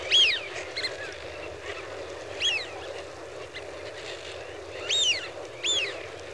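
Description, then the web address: Eurasian wigeon whistles, four loud rising-falling whee-oo calls over constant background noise. Flock. "BBC Sound Effects Library. Wigeon (Anas Penelope)"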